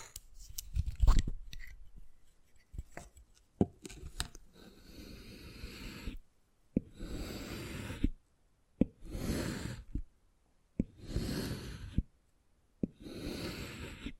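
Wood carving begins with scattered sharp taps and clicks for about four seconds. Then rhythmic scratching strokes take over, each lasting a second or so, repeating about every two seconds with short silent gaps, a few crisp ticks falling between them.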